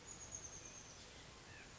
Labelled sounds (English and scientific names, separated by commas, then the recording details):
Chestnut-backed Chickadee (Poecile rufescens)
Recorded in Sonoma County, California